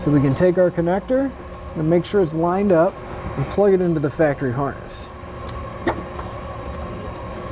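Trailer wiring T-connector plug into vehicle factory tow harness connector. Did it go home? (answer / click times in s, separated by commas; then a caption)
yes / 5.9 s. A Curt T-connector trailer wiring plug, with dielectric grease applied inside to keep out moisture and corrosion, is lined up and pushed into the factory tow harness connector on a 2014 GMC Acadia while someone talks. A short, sharp click at 5.9 s marks the connector seating and locking into place.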